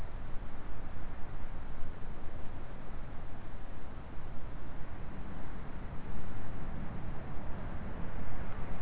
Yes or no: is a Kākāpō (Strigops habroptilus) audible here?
no